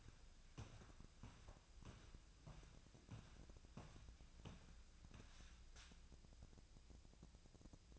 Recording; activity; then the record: daily activity, microphone in the room; walk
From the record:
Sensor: 2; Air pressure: 1012.1 hPa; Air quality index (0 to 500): 170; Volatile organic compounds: 2 ppm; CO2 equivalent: 1241 ppm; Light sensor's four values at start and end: 40/108/45/50 and 41/111/46/52